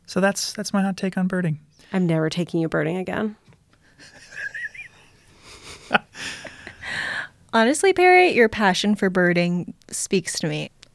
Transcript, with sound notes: So that's that's my hot take on birding.
I'm never taking you birding again. [laugh]
Honestly, Peri, your passion for birding speaks to me.